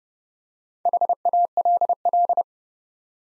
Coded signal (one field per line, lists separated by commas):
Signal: Morse code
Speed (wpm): 30 wpm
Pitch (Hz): 700 Hz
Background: none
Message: HALL